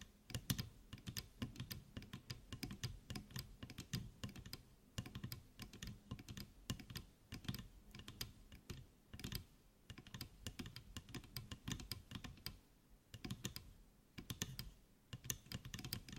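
Rapid, irregular tapping like typing on a keyboard, sharp clicking bursts with brief pauses around twelve and fourteen seconds.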